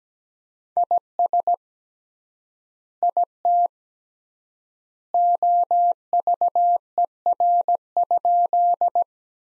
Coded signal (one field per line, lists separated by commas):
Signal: Morse code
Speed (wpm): 17 wpm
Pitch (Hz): 700 Hz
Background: none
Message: IS IT OVER?